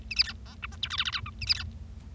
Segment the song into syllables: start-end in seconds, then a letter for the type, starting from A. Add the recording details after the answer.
0.10-0.14 A, 0.16-0.23 B, 0.24-0.33 C, 0.46-0.55 D, 0.62-0.66 E, 0.72-0.76 F, 0.82-0.88 G, 0.90-0.96 H, 0.98-1.04 I, 1.05-1.11 I, 1.12-1.20 J, 1.26-1.30 K, 1.41-1.45 A, 1.47-1.54 B, 1.55-1.63 C. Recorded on 25 March 2012 at 13:55. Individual gy6or6